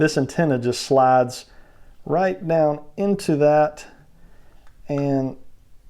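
A plastic antenna is being slid down into the small port on top of a NECA Krang Android Body Teenage Mutant Ninja Turtles 2020 deluxe action figure's head while someone talks. The antenna has not snapped or seated yet.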